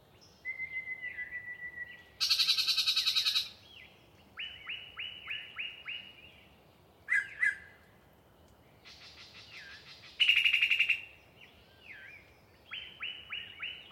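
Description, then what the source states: Yellow-breasted chat song: a steady whistle, buzzy rattles, series of repeated short notes and loud chattering bursts, delivered in separated varied phrases. A particularly chatty individual giving a long pre-dawn song session in deciduous cover.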